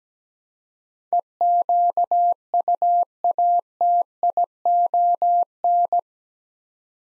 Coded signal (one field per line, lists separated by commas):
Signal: Morse code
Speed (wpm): 17 wpm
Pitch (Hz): 700 Hz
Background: none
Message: EQUATION